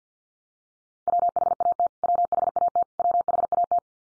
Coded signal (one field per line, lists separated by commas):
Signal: Morse code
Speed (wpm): 50 wpm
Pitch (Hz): 700 Hz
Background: none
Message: WHAT WHAT WHAT